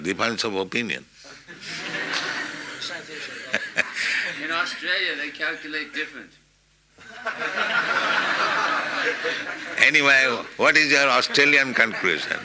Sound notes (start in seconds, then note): 1.4 laughter; 7.0 laughter